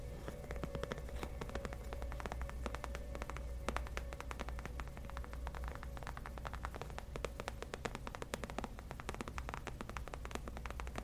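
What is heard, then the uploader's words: Gentle tapping on leather, a steady stream of soft, quick clicks and pats that grows busier and sharper in the second half. A low, constant hum and a faint steady tone run underneath throughout. Gentle Leather Tapping For Sleep & Relaxation.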